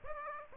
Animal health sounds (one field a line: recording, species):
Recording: mosquito wingbeat signal from an infrared sensor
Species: Aedes aegypti